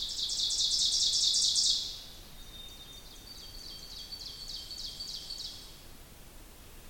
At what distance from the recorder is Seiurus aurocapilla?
about 85 m